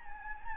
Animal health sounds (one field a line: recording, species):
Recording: mosquito wingbeat signal from an infrared sensor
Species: Anopheles gambiae